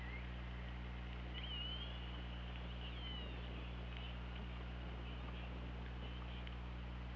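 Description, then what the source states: Orca calls, several curving tonal sweeps and short upswept notes near the upper-middle range, some brief faint clicks, over a steady low underwater hum. Recorded on an OrcaLab hydrophone, 24 August 2017 at 21:14.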